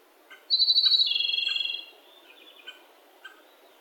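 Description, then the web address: Japanese robin singing a single ringing trill that begins high, then drops into a fast, even rattle for over a second, followed by a few quiet chip notes. "yacho koe komadori"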